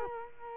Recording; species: mosquito wingbeat signal from an infrared sensor; Culex quinquefasciatus